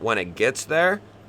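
A folding knife blade is being pulled open against its adjustable tension toward its open stop while someone talks. Speech fills the clip over a low steady hum, with no distinct click. Nothing has seated or clicked yet; the blade has not popped into its open position.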